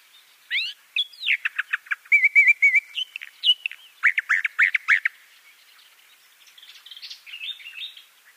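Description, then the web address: Eastern Orphean Warbler song with varied, rapid phrases: sharp sweeping notes, a short fluty trill and clipped chattering elements, then, after a pause, softer, quieter warbling near the end. "Schulze Peter Eastern Orphean Warbler"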